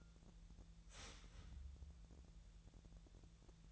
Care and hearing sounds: daily activity, microphone in the room; start toaster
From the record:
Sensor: 3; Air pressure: 1000.2 hPa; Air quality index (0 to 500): 156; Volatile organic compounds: 3 ppm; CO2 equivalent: 1374 ppm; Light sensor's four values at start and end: 36/93/39/42 and 36/92/39/42

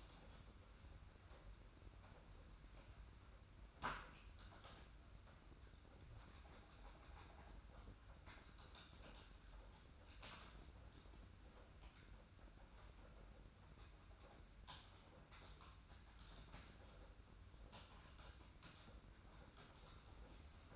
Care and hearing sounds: daily activity, microphone in the room; typing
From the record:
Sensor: 2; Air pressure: 991.6 hPa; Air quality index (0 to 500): 193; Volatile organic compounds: 1000 ppm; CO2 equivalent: 6348 ppm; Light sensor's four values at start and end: 27/84/33/31 and 27/84/33/31

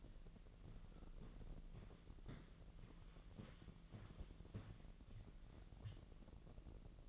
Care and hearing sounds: daily activity, microphone in the room; walk to room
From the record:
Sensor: 4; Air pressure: 1013.1 hPa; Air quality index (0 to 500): 245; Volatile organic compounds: 4 ppm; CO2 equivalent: 1634 ppm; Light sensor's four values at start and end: 27/65/26/27 and 33/77/33/32

